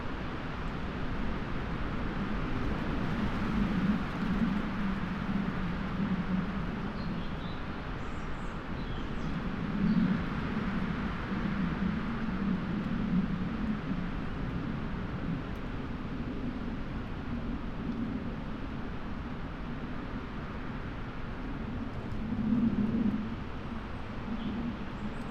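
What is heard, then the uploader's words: Winter gales roar steadily through a plantation of tall trees on an open moor, a dense, unbroken rushing with a deep rumbling undertone. The wind swells in gusts around 4, 10 and 23 seconds before settling back to its constant murmur. Moorland forest mid winter gales. To be half way up a lonely Peak District moor, off the puddled track, looking down, into a mixed plantation of tall murmuring trees. Scots pine and spruce. Away from the holly tree, and the microphone box that we carefully tied and angled, so it could be an ear witness of this forest, in winter gales, before the storm.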